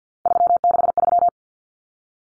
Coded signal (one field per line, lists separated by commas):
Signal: Morse code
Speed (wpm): 50 wpm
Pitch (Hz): 700 Hz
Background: none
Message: 363